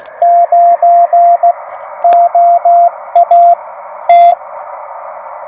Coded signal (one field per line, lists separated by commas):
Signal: Morse code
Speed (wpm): 17 wpm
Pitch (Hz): 690 Hz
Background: radio noise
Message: 9 OA T